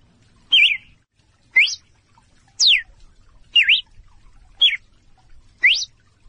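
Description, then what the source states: Red-cowled cardinal giving sharp whistled notes about once a second, some rising, some falling, some V-shaped; quiet background. Female song, used to get males singing.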